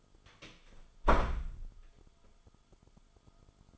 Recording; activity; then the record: daily activity, microphone in the room; close door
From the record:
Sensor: 5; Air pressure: 1005.1 hPa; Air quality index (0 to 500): 84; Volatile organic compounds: 2 ppm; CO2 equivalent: 1016 ppm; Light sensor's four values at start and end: 35/81/32/31 and 35/81/33/31